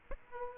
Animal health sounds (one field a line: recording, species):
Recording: mosquito wingbeat signal from an infrared sensor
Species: Aedes aegypti